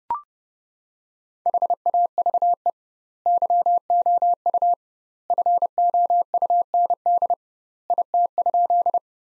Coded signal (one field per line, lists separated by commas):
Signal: Morse code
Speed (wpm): 30 wpm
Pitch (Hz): 700 Hz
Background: none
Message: HAVE YOU FOUND IT?